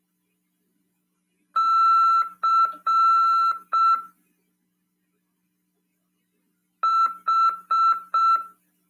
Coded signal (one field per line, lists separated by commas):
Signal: Morse code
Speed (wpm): 6 wpm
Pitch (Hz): 1340 Hz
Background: none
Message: C H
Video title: RADIOAMADOR 24/9/2022 "AULA 9: CW, C. RODADA e LEGISLAÇÃO" PY2EXU PAULO SP/SP 22 ANOS de RAF/CRASP.